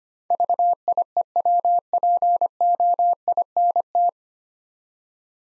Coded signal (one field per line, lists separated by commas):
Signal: Morse code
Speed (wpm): 25 wpm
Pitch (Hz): 700 Hz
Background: none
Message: VIEWPOINT